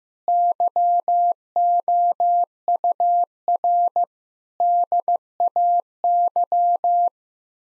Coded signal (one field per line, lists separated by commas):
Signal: Morse code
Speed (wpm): 15 wpm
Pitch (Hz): 700 Hz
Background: none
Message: YOUR DAY